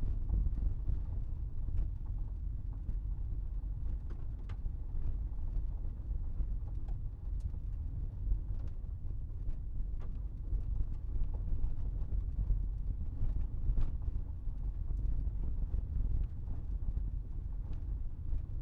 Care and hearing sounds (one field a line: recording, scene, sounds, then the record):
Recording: everyday scene through a hearing-aid microphone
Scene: in a vehicle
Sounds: engine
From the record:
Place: Berlingo II, diesel engine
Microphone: behind the ear, right, front